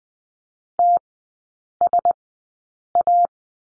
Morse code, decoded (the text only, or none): TSA